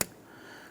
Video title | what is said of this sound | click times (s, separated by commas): How To Replace Mass Air Flow Sensor 2015-2020 Cadillac Escalade | snap that on. You can feel it and hear it lock in, and then press that lock down. | 0.0 s